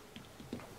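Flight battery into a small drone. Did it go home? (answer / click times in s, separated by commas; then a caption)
no / none. A flight battery with a thumb pad is handled at the slot of a small drone, an FERIETELF B12 GPS drone with a 4K camera, under 250 g, with brushless motors. A faint sharp tick comes at 0.2 s and a fuller knock at 0.5 s over low background noise. Nothing has seated or clicked yet.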